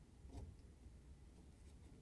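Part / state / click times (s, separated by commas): end cap on dishwasher upper rack rail / not seated / none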